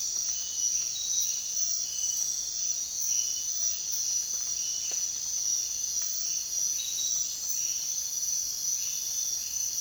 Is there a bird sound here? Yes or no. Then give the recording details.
no. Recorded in dense forest near Puerto Asís, Putumayo, Colombia, on 23 June 2025 at 05:00. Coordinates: 0.466, -76.327. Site GP04